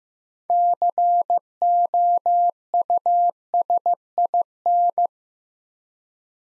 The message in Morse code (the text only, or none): COUSIN